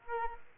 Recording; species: mosquito wingbeat signal from an infrared sensor; Aedes aegypti